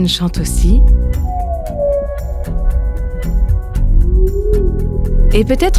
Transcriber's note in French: chant de la baleine